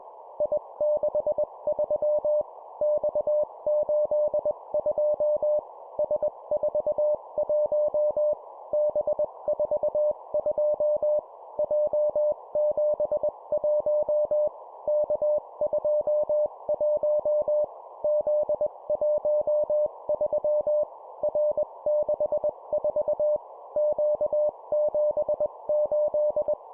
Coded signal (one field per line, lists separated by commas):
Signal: Morse code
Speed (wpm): 21 wpm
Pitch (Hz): 600 Hz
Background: none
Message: I63 X82 S41 B42 J71 K21 Z13 R64 Q78